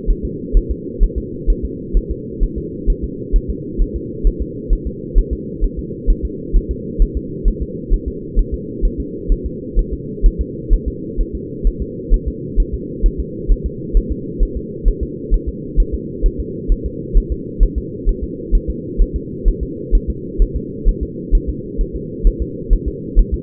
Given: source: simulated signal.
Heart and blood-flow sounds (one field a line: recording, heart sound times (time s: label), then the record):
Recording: fetal heart sounds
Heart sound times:
0.11 s: S1
0.25 s: S2
0.57 s: S1
0.71 s: S2
1.03 s: S1
1.18 s: S2
1.50 s: S1
1.65 s: S2
1.97 s: S1
2.11 s: S2
2.44 s: S1
2.58 s: S2
2.90 s: S1
3.04 s: S2
3.36 s: S1
3.50 s: S2
3.82 s: S1
3.96 s: S2
4.27 s: S1
4.42 s: S2
4.73 s: S1
4.87 s: S2
5.18 s: S1
5.33 s: S2
5.64 s: S1
5.79 s: S2
6.10 s: S1
6.25 s: S2
6.56 s: S1
6.71 s: S2
7.02 s: S1
7.17 s: S2
7.48 s: S1
7.62 s: S2
7.94 s: S1
8.08 s: S2
8.39 s: S1
8.54 s: S2
8.85 s: S1
9.00 s: S2
9.32 s: S1
9.46 s: S2
9.79 s: S1
9.93 s: S2
10.26 s: S1
10.41 s: S2
10.73 s: S1
10.88 s: S2
11.20 s: S1
11.35 s: S2
11.67 s: S1
11.82 s: S2
12.14 s: S1
12.28 s: S2
12.60 s: S1
12.74 s: S2
13.06 s: S1
13.20 s: S2
13.52 s: S1
13.66 s: S2
13.97 s: S1
14.12 s: S2
14.43 s: S1
14.57 s: S2
14.88 s: S1
15.03 s: S2
15.34 s: S1
15.48 s: S2
15.80 s: S1
15.94 s: S2
16.26 s: S1
16.40 s: S2
16.72 s: S1
16.86 s: S2
17.18 s: S1
17.32 s: S2
17.63 s: S1
17.78 s: S2
18.09 s: S1
18.23 s: S2
18.55 s: S1
18.70 s: S2
19.02 s: S1
19.16 s: S2
19.48 s: S1
19.63 s: S2
19.95 s: S1
20.10 s: S2
20.42 s: S1
20.57 s: S2
20.89 s: S1
21.03 s: S2
21.35 s: S1
21.49 s: S2
21.81 s: S1
21.96 s: S2
22.27 s: S1
22.42 s: S2
22.73 s: S1
22.88 s: S2
23.19 s: S1
23.34 s: S2
From the record:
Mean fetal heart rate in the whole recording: 130 bpm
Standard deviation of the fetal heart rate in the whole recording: 2 bpm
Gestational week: 38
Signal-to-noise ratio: -4.1 dB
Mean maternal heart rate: no maternal heart sound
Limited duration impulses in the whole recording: absent